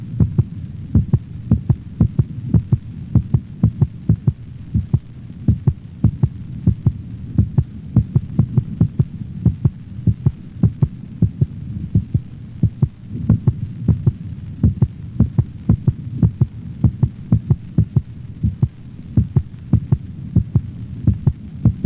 Canine Heart Sounds. Another normal dog recorded over the mitral valve location.